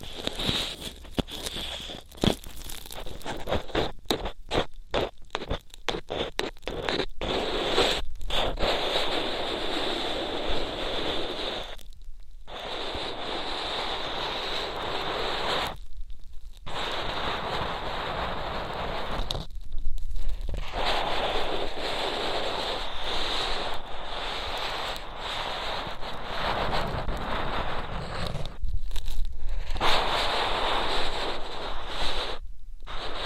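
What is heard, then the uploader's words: Ear cleaning sounds in a rough, scratchy rush of rubbing and scraping that fills both low and bright ranges. The first eight seconds stutter with rapid start-stop bursts, then long dense stretches run on, broken by brief silences near 12, 16, 20 and 29 seconds. ASMR Intense Electrifying Ear Cleaning.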